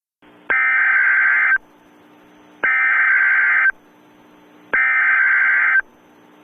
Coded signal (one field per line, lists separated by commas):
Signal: Emergency Alert System (SAME) tones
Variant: header bursts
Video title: EAS in Television: "War of the Worlds"